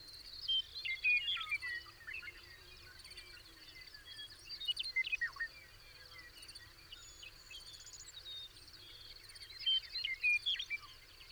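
Bird chorus of clustered chirps and descending whistled notes coming in irregular bursts, above a steady high buzzing drone.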